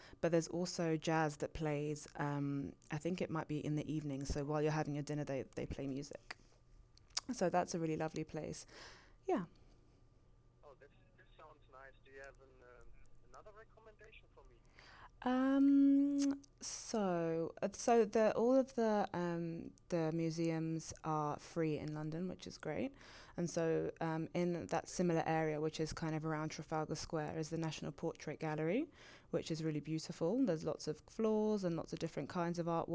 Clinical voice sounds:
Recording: conversation on a phone call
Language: English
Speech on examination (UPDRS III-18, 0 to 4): 0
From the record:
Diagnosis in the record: healthy control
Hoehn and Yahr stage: 0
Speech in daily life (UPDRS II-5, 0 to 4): 0

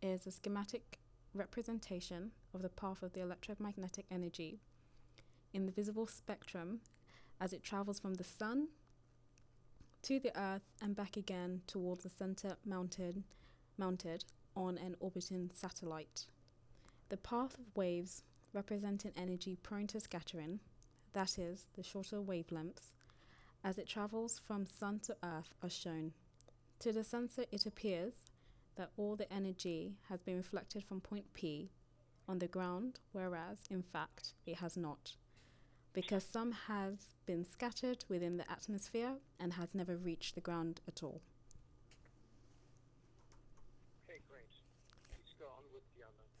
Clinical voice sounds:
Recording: text read into a phone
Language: English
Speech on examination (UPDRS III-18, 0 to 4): 0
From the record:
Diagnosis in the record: healthy control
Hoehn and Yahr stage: 0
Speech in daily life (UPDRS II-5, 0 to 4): 0

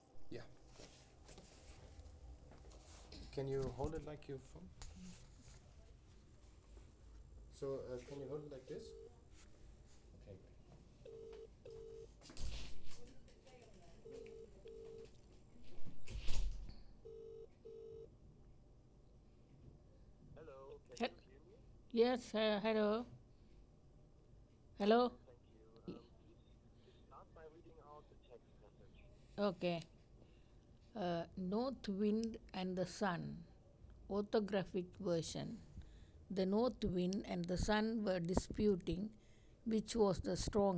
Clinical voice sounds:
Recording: text read into a phone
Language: English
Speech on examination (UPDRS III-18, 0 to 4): 0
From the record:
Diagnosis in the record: healthy control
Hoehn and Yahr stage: 0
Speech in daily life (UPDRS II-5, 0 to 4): 0

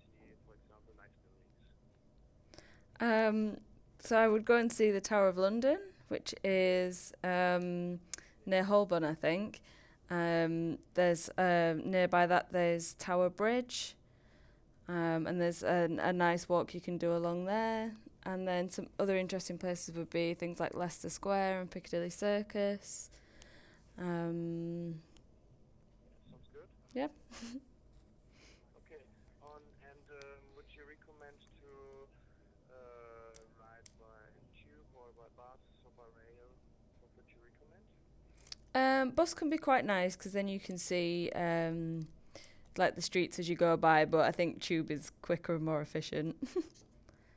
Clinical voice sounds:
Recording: conversation on a phone call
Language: English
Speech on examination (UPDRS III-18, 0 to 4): 0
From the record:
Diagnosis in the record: healthy control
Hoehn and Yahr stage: 0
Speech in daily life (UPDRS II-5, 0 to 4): 0

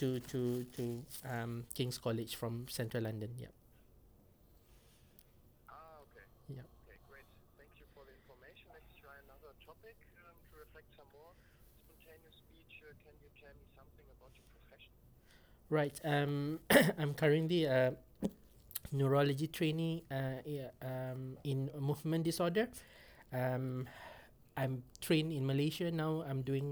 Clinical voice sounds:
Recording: conversation on a phone call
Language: English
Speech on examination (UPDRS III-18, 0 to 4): 0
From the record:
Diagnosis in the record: healthy control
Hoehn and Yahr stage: 0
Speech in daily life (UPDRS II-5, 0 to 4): 0

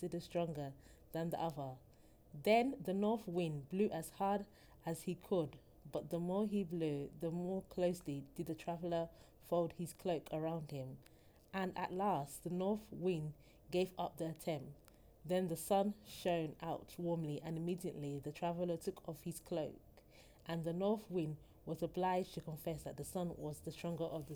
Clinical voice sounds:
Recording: text read into a phone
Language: English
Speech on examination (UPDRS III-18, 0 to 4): 0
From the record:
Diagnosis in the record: healthy control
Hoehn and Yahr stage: 0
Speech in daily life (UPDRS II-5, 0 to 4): 0

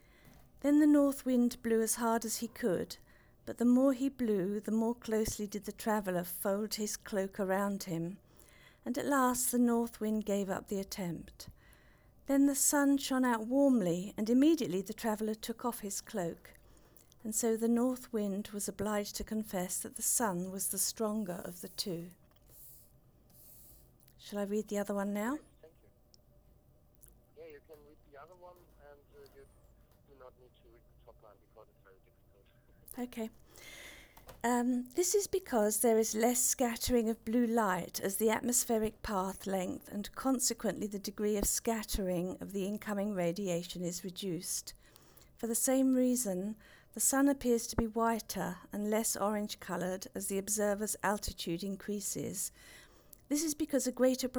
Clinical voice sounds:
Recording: text read into a phone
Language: English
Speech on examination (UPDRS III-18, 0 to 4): 1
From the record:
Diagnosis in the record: Parkinson's disease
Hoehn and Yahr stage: 2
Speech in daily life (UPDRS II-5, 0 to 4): 1

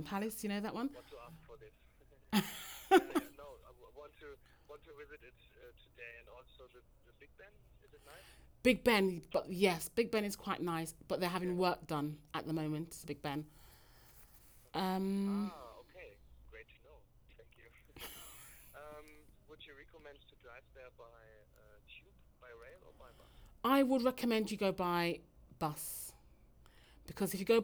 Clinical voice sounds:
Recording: conversation on a phone call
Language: English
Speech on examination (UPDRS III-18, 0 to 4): 0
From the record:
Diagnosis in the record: healthy control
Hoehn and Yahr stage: 0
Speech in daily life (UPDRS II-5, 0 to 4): 0

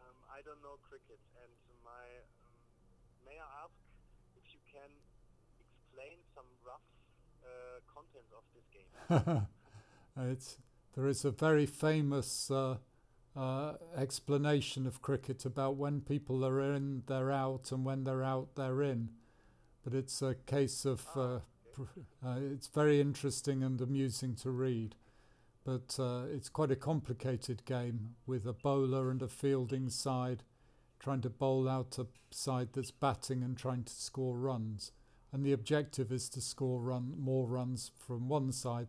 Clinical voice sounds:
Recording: conversation on a phone call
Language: English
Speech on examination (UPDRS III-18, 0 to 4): 0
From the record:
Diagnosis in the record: Parkinson's disease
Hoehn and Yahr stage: 2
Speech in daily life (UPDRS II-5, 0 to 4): 0

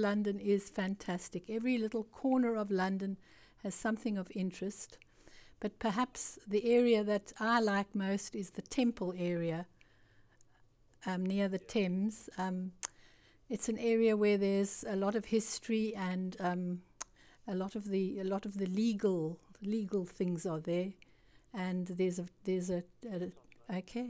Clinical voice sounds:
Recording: conversation on a phone call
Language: English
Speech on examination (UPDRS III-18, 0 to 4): 0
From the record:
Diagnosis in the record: Parkinson's disease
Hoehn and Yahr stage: 2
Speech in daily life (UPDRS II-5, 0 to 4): 0

